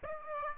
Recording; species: mosquito wingbeat signal from an infrared sensor; Aedes aegypti